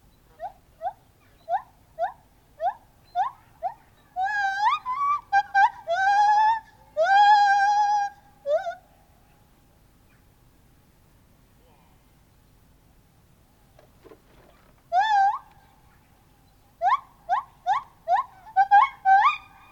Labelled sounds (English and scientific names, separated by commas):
Lar Gibbon (Hylobates lar)